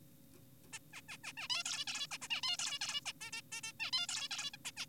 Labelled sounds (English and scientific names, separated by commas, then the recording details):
Zebra Finch (Taeniopygia guttata)
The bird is an adult
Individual g4p5U